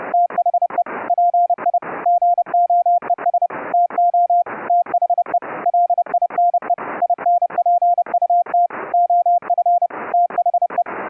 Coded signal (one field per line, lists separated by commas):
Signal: Morse code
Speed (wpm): 30 wpm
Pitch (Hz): 700 Hz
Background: none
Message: THE PI GOES TO THE LINE INPUT OF THE